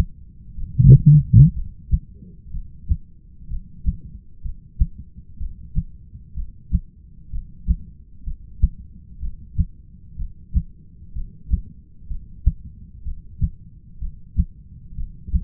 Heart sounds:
heart sounds by stethoscope; 63 bpm
0.56 s: heartbeat
1.54 s: heartbeat
2.51 s: heartbeat
3.48 s: heartbeat
4.42 s: heartbeat
5.38 s: heartbeat
6.34 s: heartbeat
7.30 s: heartbeat
8.24 s: heartbeat
9.20 s: heartbeat
10.16 s: heartbeat
11.13 s: heartbeat
12.08 s: heartbeat
13.03 s: heartbeat
13.99 s: heartbeat
14.95 s: heartbeat
From the record:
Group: heart failure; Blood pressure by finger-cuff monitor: 114/74 mmHg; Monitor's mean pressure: 87 mmHg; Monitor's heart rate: 62 bpm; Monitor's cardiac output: 7.2 L/min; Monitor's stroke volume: 116 mL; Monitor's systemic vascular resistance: 890 dyn s/cm5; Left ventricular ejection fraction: 25%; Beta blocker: metoprolol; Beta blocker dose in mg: 62.5 twice daily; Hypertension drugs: ramipril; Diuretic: furosemide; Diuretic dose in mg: 40 twice daily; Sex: male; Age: 57 years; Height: 180 cm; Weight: 90.5 kg

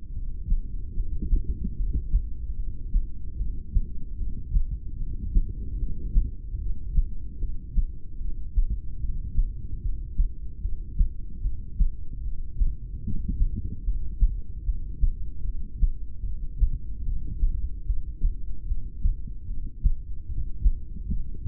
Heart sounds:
heart sounds by stethoscope; 74 bpm
0.09 s: heartbeat
0.90 s: heartbeat
1.72 s: heartbeat
2.53 s: heartbeat
3.33 s: heartbeat
4.13 s: heartbeat
4.94 s: heartbeat
5.75 s: heartbeat
6.55 s: heartbeat
7.35 s: heartbeat
8.16 s: heartbeat
8.96 s: heartbeat
9.77 s: heartbeat
10.58 s: heartbeat
11.38 s: heartbeat
12.19 s: heartbeat
12.99 s: heartbeat
13.80 s: heartbeat
14.60 s: heartbeat
15.41 s: heartbeat
16.20 s: heartbeat
17.01 s: heartbeat
17.82 s: heartbeat
18.62 s: heartbeat
19.43 s: heartbeat
20.24 s: heartbeat
21.05 s: heartbeat
From the record:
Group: heart failure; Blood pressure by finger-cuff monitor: 91/59 mmHg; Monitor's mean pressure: 73 mmHg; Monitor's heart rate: 74 bpm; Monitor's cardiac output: 6.4 L/min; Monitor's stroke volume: 86 mL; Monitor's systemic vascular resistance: 810 dyn s/cm5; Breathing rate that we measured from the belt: 15 breaths a minute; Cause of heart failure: ischemic heart disease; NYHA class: 2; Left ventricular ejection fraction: 28%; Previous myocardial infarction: present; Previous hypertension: present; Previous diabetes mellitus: present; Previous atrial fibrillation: present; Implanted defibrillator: present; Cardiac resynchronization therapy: present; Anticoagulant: apixaban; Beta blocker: bisoprolol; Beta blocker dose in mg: 10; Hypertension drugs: sacubitril-valsartan, spironolactone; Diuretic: furosemide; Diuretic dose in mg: 20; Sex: male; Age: 62 years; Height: 178 cm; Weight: 88.3 kg

